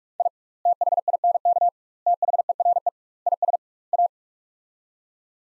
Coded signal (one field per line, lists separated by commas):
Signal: Morse code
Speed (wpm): 45 wpm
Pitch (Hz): 700 Hz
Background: none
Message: I THINK THERE IS A